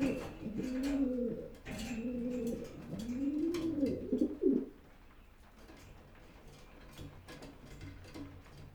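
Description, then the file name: Pigeon coos, a few low, bowed notes for several seconds, then the calling stops and only faint background noise remains. "holub"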